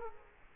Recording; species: mosquito wingbeat signal from an infrared sensor; Culex quinquefasciatus